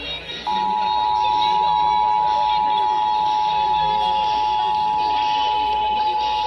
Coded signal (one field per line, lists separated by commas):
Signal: Emergency Alert System (SAME) tones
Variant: 853 and 960 Hz attention tone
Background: speech